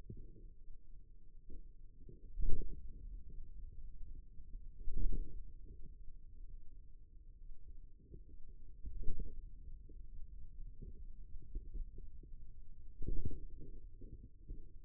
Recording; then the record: forearm muscle sounds (acoustic myography)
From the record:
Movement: ulnar deviation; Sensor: system 2, bracelet of six BSWA MPA416 microphones around the upper forearm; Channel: 3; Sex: male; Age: 22 years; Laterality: right